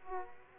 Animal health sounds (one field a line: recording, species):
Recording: mosquito wingbeat signal from an infrared sensor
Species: Aedes aegypti